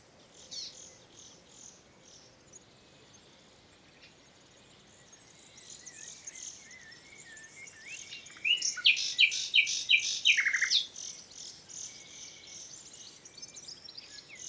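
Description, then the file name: Common nightingale song: quiet high twitters for several seconds, then a loud fast volley of repeated notes ending in a few descending slurs, followed by quieter twittering. "Luscinia megarhynchos"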